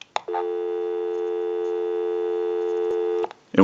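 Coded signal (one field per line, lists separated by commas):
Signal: telephone call progress tone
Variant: North America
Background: speech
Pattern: dial tone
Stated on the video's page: North Electric Ericofon rotary dial telephone undergoing initial checkout and repair.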